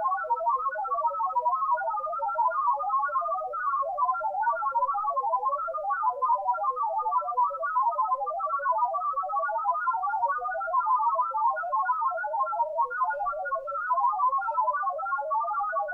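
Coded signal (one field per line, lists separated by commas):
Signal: multi-tone FSK (Olivia or MFSK type)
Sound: steady burbling stream of short musical tones jumping randomly within a narrow band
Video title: TEST SIGNAL - RTTY, BPSK31, OLIVIA.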